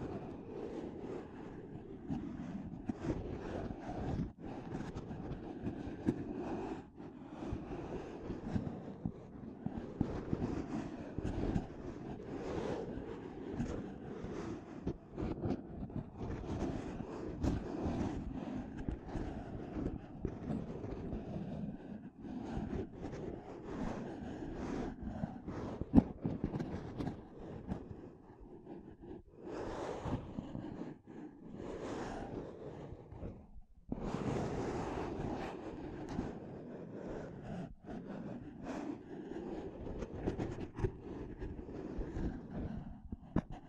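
Dense tapping and scratching on a microphone runs without pause, rough and rumbling, with most of its weight in the low and middle range. Quick taps and scrapes pile up constantly, with brief drops near 30 and 34 seconds and a sharp knock around 26 seconds.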